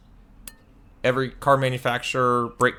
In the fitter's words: Next, we just snap the new metal hardware clips into place.